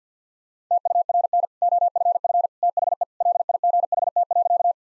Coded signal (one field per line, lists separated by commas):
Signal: Morse code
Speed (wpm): 50 wpm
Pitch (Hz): 700 Hz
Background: none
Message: TURN OFF THE LIGHT.